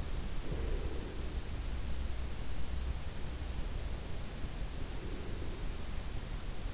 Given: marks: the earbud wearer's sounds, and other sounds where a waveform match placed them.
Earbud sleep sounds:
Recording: sounds in sleep by an in-ear microphone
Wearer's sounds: breath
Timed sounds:
0.50-1.28 s: breath
4.77-5.74 s: breath

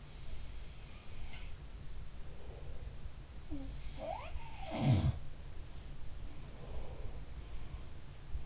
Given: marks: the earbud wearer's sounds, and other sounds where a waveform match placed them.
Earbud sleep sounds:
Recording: sounds in sleep by an in-ear microphone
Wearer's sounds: breath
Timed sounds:
2.18-2.96 s: breath
3.45-5.91 s: sound from someone else or the room
6.42-7.42 s: breath

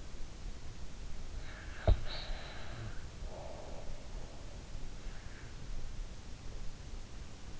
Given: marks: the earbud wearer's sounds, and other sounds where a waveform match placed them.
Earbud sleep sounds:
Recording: sounds in sleep by an in-ear microphone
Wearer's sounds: snoring breath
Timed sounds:
1.34-4.66 s: snoring breath

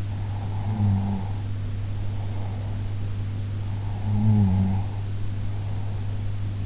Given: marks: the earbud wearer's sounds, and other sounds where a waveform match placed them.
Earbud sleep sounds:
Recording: sounds in sleep by an in-ear microphone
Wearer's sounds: snoring breath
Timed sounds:
0.13-2.94 s: snoring breath
3.62-6.16 s: snoring breath

